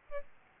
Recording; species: mosquito wingbeat signal from an infrared sensor; Aedes albopictus